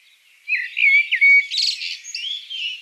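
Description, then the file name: Common blackbird song: one phrase of low fluty whistles followed by a rapid, high squeaky twitter and softer trailing notes. "Turdus merula"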